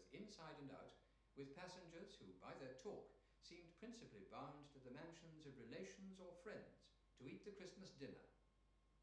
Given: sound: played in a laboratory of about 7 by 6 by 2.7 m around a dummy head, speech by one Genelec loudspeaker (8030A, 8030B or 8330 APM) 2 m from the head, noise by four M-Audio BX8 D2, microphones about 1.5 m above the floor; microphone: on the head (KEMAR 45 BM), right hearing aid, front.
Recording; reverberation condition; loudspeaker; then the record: male speech in English; medium; in front (0 degrees)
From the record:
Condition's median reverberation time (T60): about 510 ms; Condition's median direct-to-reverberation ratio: about -0.5 dB